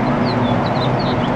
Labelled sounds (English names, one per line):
House Finch song